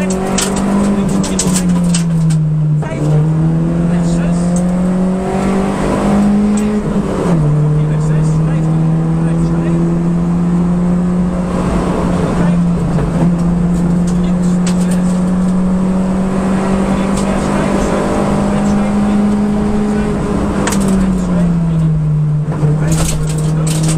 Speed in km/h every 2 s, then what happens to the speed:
76, 72, 86, 94, 104, 111, 106, 115, 123, 129, 99, 96.
2-9 speeds up to 111. 12-17 speeds up to 129. 17-22 brakes to 96.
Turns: none.